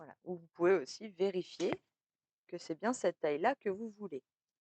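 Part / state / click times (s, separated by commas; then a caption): size adjuster into paper punch / not seated / none. Someone talks while handling the size adjuster of an adjustable paper punch, speaking in two bursts with a silent pause near 2 seconds. No distinct click is heard: the adjuster has not yet clicked into its notch, and nothing has seated when the clip ends.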